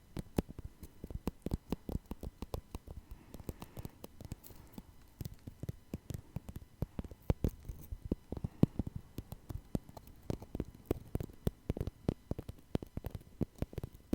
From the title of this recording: Tapping No Talking